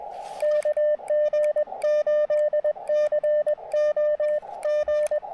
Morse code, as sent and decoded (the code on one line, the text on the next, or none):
-.- --. ---.. -.-. --- / --.
KG8CO G